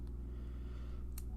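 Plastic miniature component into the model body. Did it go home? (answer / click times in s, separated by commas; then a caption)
yes / 1.2 s. A plastic part of a Votann miniature is pressed by hand into its socket on the model body over a steady low hum. A faint tick comes at 0.1 s, then a sharp, bright snap at 1.2 s as the part pops into place and seats.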